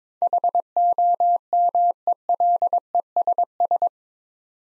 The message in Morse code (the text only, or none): HOMELESS